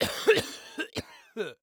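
Four short, harsh bursts in about 1.6 seconds: two quick coughs, a third, then a voiced throat-clearing grunt to finish. A staged adult man coughing; plain cough sounds without wheeze or stridor.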